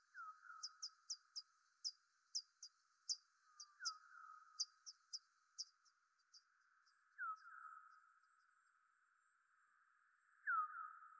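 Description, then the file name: Bat calls, a steady stream of short high clicks fading out, overlapping lower sweeping chirps with long tails, then a few sharp high chirps at the end. Bat movement in the Rayol Gondwana garden. "Rayol Gondwana Mouvementde Chauve Souris Mercier Glotin"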